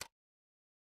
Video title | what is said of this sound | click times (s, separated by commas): Nest Intelligent Thermostat | until you hear it click into place | 0.0 s